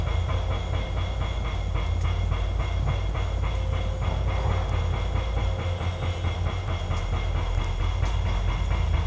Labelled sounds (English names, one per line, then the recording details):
none
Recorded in secondary vegetation near Puerto Asís, Putumayo, Colombia, on 16 December 2024 at 10:30
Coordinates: 0.499, -76.323
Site G010